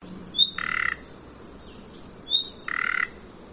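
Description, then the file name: Common nightingale calls: a sharp high whistled note followed by a harsh, buzzy croak, the pair given twice about two seconds apart over quiet background hiss. "Luscinia megarhynchos"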